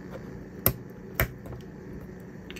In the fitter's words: so it just snaps into place just like that